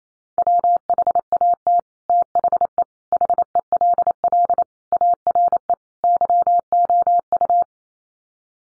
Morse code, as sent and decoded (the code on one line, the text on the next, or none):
.-- .... .- - / - .... . / .... . .-.. .-.. / .- .-. . / -.-- --- ..-
WHAT THE HELL ARE YOU